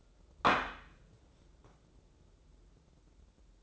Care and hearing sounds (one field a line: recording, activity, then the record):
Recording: daily activity, microphone in the room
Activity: place plate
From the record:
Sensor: 3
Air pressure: 994.3 hPa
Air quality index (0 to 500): 205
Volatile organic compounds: 1000 ppm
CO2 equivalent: 6816 ppm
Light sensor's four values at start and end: 89/210/87/83 and 89/209/86/83